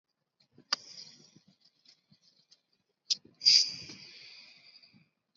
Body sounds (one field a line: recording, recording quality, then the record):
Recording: deep breathing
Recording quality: excellent, no background noise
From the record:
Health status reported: recovered from COVID-19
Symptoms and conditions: none ticked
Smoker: not ticked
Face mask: not worn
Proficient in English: no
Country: India